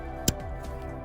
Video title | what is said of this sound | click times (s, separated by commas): Alfa Romeo Giulietta Fuel Filter Change | click straight into place | 0.3 s